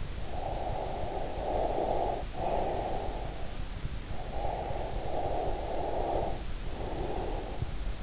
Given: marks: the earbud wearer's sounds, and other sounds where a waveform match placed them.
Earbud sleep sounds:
sounds in sleep by an in-ear microphone; breath
0.22-3.68 s: breath
3.93-8.03 s: breath

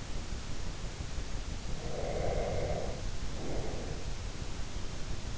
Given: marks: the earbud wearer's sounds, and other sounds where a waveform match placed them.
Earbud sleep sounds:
sounds in sleep by an in-ear microphone; breath
1.72-4.03 s: breath

